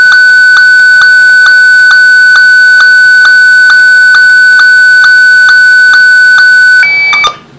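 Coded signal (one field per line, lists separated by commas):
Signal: SSTV (slow-scan television)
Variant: Martin 1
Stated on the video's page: SSTV images transmitted by a Raspberry Pi, possibly for a high-altitude balloon webcam downlink.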